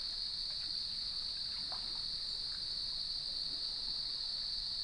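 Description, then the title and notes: Crickets in chorus, a steady unbroken high trill holding one pitch throughout, over faint low background noise. At sunset on the beach of Lighthouse West Natural Area, Leelanau Peninsula, by gnarled cedar trees, with waves in the background. "Sounds of Leelanau Peninsula: Lighthouse West Natural Area. Nature is my Jam. As I approached the beach, the sun was just setting, and the crickets made themselves known"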